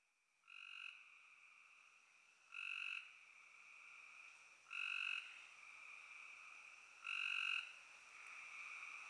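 Spring peepers calling in a high, steady chorus, with louder shrill bursts rising out of it about every two seconds.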